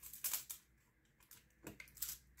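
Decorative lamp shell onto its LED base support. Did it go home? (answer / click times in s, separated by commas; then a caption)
no / none. A diamond-painting lamp shell is handled and pushed onto its LED light base, giving bursts of bright scraping and rustling with short plastic-like ticks near 1.8 s and 2.0 s. Nothing has seated or clicked into place yet; the shell is not yet home on the base.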